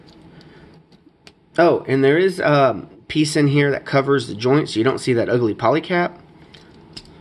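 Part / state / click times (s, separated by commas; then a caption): plastic joint cover onto model kit polycap joint / seated / 7.0 s. A plastic cover piece is pressed over the polycap joint of an HGUC MS-06FZ Zaku II FZ plastic model kit so the polycap doesn't show. Someone talks, then after a quiet pause a short sharp snap is heard at 6.9 seconds as the cover seats onto the joint.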